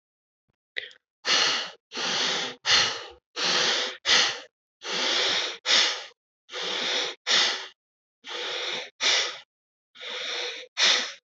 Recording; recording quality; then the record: shallow breathing; moderate, slight background noise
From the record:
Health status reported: healthy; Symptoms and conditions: none ticked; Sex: male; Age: 29 years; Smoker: not ticked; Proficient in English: yes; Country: India